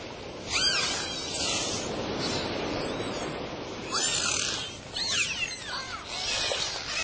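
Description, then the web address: Dolphin whistles, sweeping tones rising and falling in clusters over a broad hiss. "symfonie. natury delfiny"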